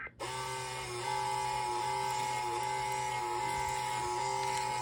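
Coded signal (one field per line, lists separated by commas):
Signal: Emergency Alert System (SAME) tones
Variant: 853 and 960 Hz attention tone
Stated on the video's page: Tones from a SAGE EAS Endec Model 1822 unit in a printer demonstration.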